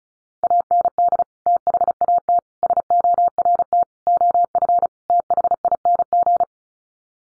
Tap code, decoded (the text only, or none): none